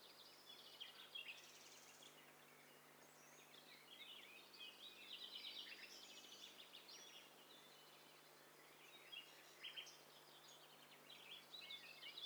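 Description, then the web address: Several birds calling at once: a soft, dense tangle of overlapping high chirps, twitters and warbled phrases, with a steady low hum throughout. Mixture of several overlapping birds in a high-fidelity stereo recording. "Hi Fi STEREO BIRD COCKTAIL PARTY Challenge SBCP TESTSET HDBird Cocktail Party"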